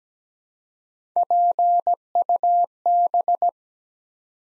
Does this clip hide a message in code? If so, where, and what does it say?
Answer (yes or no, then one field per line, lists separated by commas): yes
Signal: Morse code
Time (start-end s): 1.2-3.5 s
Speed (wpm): 17 wpm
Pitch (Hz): 700 Hz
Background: none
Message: PUB